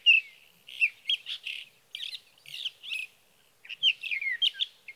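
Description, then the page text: Sage thrasher singing in short bursts of warbled, slurred notes separated by brief pauses, the phrases varied and scratchy. Male singing through the night near his night roost, evening of June 12 to morning of June 15, 2018, Sierra Valley, California; night songs, captured with a Swift recorder. "Sage thrasher songs, through the night. from the evening of June 12 to the morning of June 15, 2018, in Sierra Valley, California"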